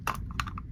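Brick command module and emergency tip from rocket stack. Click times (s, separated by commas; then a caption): 0.4 s. The emergency tip and command module of a plastic brick Lego Ideas NASA Apollo Saturn V 92176 rocket model are pulled off the stack. Bright plastic clicks sound at about 0.1, 0.3 and 0.6 s, with the sharpest snap at 0.4 s as the module breaks free. The tip and module come away from the rocket.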